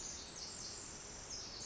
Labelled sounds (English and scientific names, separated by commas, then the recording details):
Pacific Wren (Troglodytes pacificus)
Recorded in Sonoma County, California